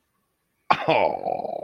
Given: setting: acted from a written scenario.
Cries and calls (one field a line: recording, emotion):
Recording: vocal sound without words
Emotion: contempt